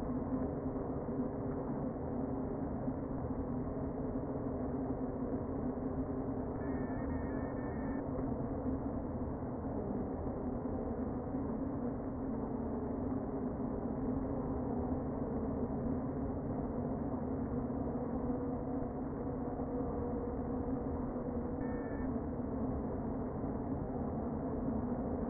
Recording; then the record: honeybee colony, microphone inside the hive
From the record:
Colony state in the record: queen present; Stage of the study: before two queens were removed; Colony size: about 60,000 bees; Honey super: yes